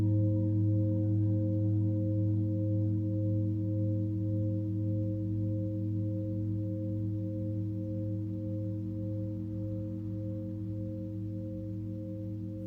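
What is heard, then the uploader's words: A Tibetan singing bowl rings out in a long, sustained tone with several steady pitches layered together, mostly low with a clear ring above. A slow, regular wavering pulses through the sound as it fades only slightly over the thirteen seconds. Tibetan Singiing Bowl のサウンドヒーリングチャンネル LIVE.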